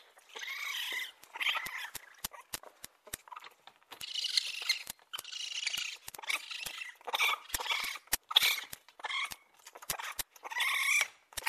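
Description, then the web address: Raccoon chittering: high, squealing bursts of a second or so, separated by short pauses, with scattered sharp clicks in the gaps. "енот"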